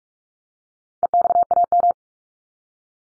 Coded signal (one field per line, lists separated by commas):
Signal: Morse code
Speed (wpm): 44 wpm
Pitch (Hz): 700 Hz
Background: none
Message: EXAM